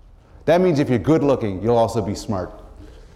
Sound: none

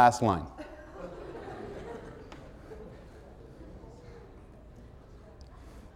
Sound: laughter

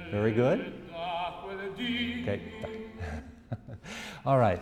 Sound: music playing; laughs

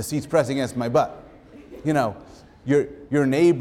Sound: laughter

